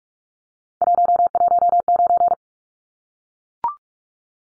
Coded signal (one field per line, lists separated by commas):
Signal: Morse code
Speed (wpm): 44 wpm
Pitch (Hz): 700 Hz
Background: none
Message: 119